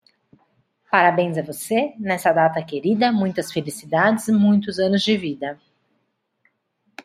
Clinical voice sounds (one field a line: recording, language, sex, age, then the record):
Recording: short text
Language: Brazilian Portuguese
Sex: female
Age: 40 to 49 years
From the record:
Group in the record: control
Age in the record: 44 years